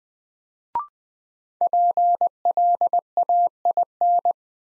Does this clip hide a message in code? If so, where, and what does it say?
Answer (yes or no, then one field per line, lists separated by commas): yes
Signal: Morse code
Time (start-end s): 1.6-4.3 s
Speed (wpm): 20 wpm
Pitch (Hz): 700 Hz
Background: none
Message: PLAIN